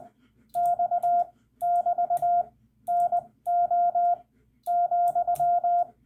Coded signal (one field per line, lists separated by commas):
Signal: Morse code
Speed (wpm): 20 wpm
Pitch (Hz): 700 Hz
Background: none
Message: X <BT> NO ,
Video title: Final (?) CW Lesson: Using the Hyphen in Rag-Chew CW